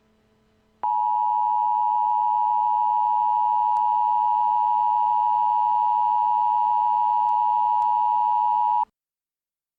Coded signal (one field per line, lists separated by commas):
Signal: Emergency Alert System (SAME) tones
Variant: 853 and 960 Hz attention tone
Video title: EAS Scenario - A Shot To The Skies